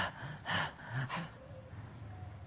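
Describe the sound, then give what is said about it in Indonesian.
A voice mimics the breathless panting of Abu Jandal arriving at Hudaybiyah after fleeing from Mecca, with a few quick, airy huffs in an uneven rhythm, then trails off into quieter breathing. “Sampai di Madinah, ya, bertemu di Hudaybiyah ini, baru datang dia terengah-engah.”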